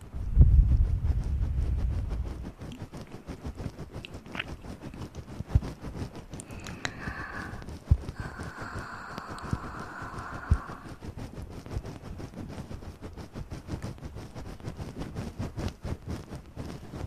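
Mouth sounds open with a heavy breath, then wet clicks and pops run steadily, with a brief hummed tone midway through.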